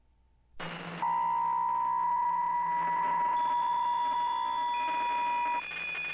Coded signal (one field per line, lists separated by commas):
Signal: PSK63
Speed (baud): 62.5 baud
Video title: RSGB AFS Datamode Contest 2023